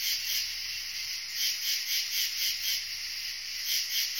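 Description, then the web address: Insect buzzing, a loud hissy drone beating in quick, fairly regular pulses. "animali insetti insetti insect"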